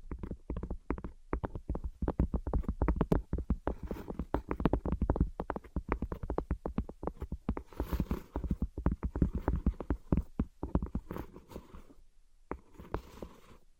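Invisible tapping and scratching: rapid, dense taps clatter almost without pause, each a short sharp knock with a low thud underneath. The pace is busy and uneven, thinning briefly near ten seconds and dropping out around twelve before resuming faintly with scratchy brushing.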